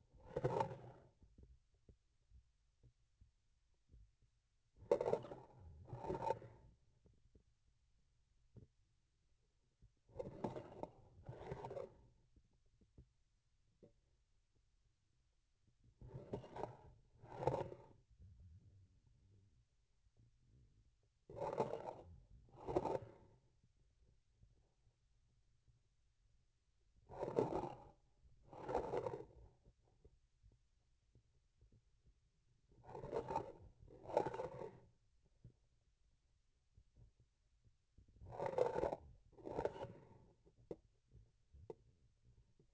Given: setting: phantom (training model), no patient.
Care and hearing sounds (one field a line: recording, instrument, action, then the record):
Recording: laparoscopic instrument, vibration sensor on the handle end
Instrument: grasping forceps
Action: approaching and retracting movements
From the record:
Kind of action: spatial motion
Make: other than Olympus